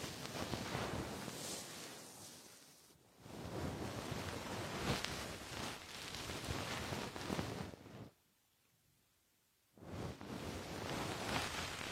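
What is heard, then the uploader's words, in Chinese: A soft feather wand brushes over the ear, making a dense, rushing whoosh like surf that swells and fades. The brushing runs in long strokes, with a short pause near three seconds and a near-silent gap from about eight to ten seconds. 温柔的鹅毛棒！耳朵清洁。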